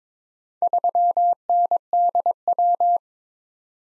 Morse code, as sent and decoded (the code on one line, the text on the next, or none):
...-- -. -.. .--
3NDW